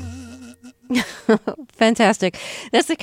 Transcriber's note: soundbite of laughter